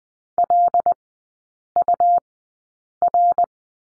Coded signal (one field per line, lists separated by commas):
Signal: Morse code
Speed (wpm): 20 wpm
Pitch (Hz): 700 Hz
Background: none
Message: LUR